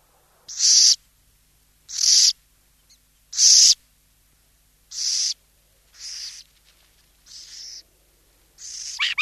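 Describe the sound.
Burrowing owl hissing: seven harsh rasps, the first three loudest and the middle ones softer.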